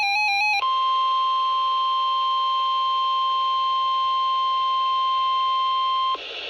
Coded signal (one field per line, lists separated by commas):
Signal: Emergency Alert System (SAME) tones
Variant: 1050 Hz attention tone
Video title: WWG42 RWT (EAS# 155)